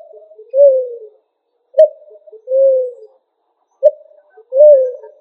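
Pigeon coos, each phrase a brief clipped note then a drawn-out, gently falling coo, repeated about every two seconds.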